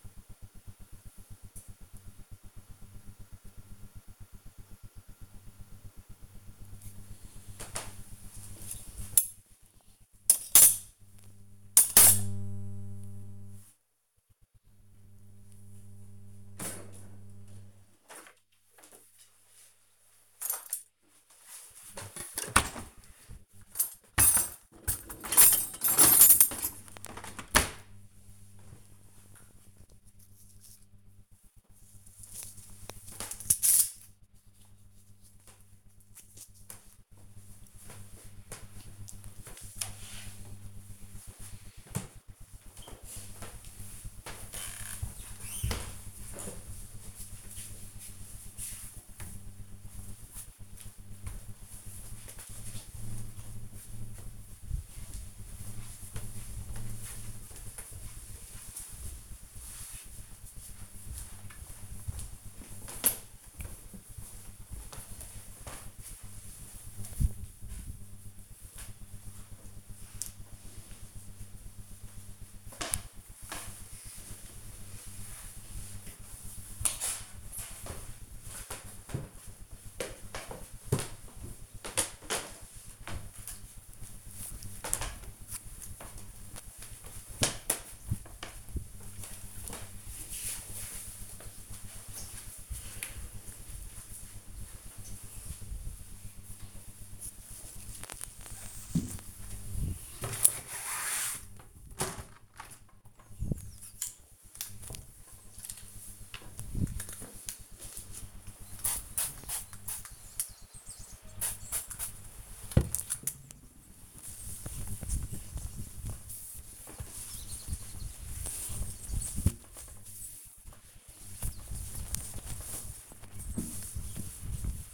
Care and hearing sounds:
household activities, microphone on the right wrist
0.00-27.12 s: cleaning out the dishwasher
95.69-124.94 s: window cleaning

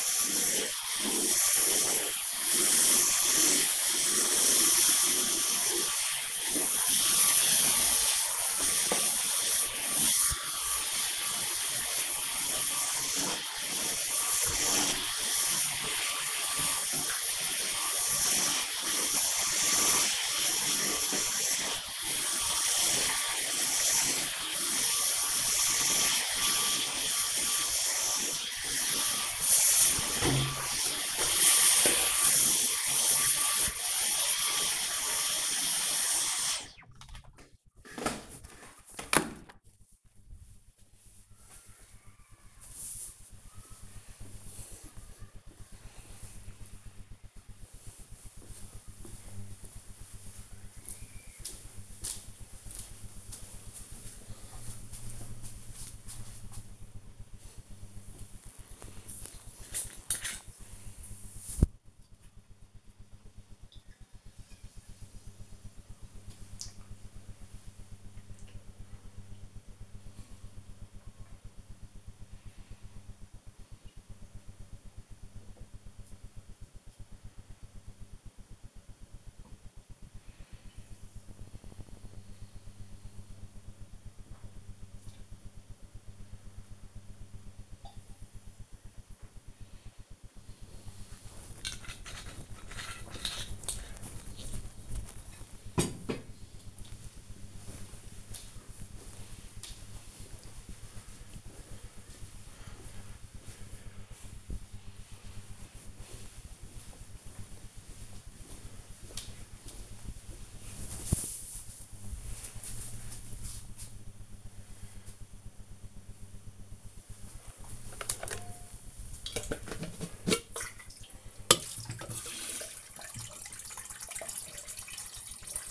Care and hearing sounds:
household activities, microphone on the right wrist
0.00-35.77 s: vacuum cleaning
57.97-93.25 s: drinking
117.36-125.71 s: making tea

